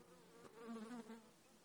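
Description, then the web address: Insect buzz, a droning hum with stacked harmonics that swells in the middle and then fades. Buzzy insect sound recorded at Katmai, Alaska, on 14 July 2017. "alaska acoustic highlights INSECTS KATMTACT 20170714. Buzzy"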